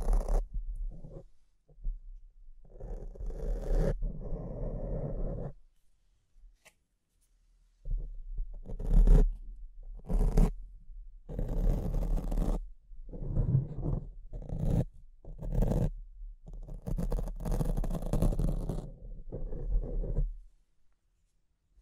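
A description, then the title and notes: Mic scratching in rough, uneven bursts: rubbing and scraping noises that swell and fade, with a steady low rumble underneath. Scratching runs through the first six seconds, stops briefly near seven, then returns in denser, louder strokes until about twenty seconds. ASMR Brain Melting Mic Scratching (No Talking).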